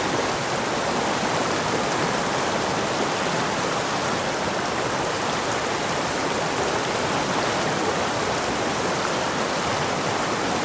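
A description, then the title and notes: A swift creek, running high with snowmelt and rain, rushes in a dense, unbroken wash of water sound from start to finish. The flow is close and steady, bright and hissing on top with a softer low rumble underneath, and no other sounds break through. A clear and sunny late winter morning beside Squaw Valley Creek in Shasta-Trinity National Forest, Shasta County, California. The creek was flowing swiftly from snowmelt and recent rain. I placed the microphone at spot beside creek with some large rocks sticking up out of the water.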